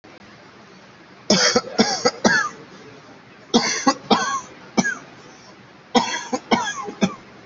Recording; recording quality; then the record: heavy voluntary cough; moderate, slight background noise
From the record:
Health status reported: COVID-19 positive, mild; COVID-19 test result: positive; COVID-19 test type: RT-PCR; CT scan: taken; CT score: 6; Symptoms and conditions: cough, cold, breathing difficulty, sore throat, fever, fatigue, muscle pain, loss of smell and taste, diarrhoea, diabetes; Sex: male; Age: 36 years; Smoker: yes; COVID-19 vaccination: both doses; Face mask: not worn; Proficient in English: yes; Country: India